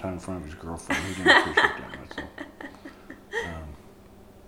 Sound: laughter

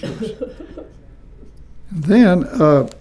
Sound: chuckles

